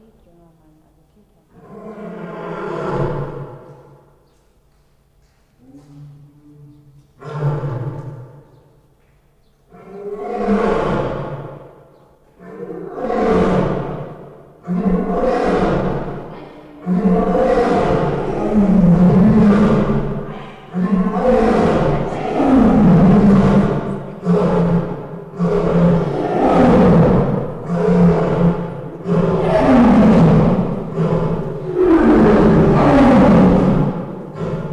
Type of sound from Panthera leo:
call